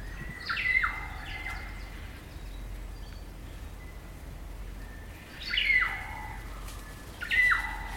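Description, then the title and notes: Kaka song: three bursts of squawking with downslurred notes, linked by soft level whistles. Kakas, a large parrot species, singing an eerie dusk chorus in late spring at Karori Sanctuary near Wellington, New Zealand. "It's late spring at the Karori Sanctuary near Wellington, New Zealand and the kakas – a large species of parrot – are singing their eerie dusk chorus. BBC Countryfile Magazine's Sound Escapes Recorded by Margaret Bartlett."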